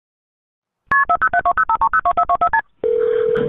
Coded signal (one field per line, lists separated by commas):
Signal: multi-frequency trunk signalling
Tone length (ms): 80 ms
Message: KP407205302424STP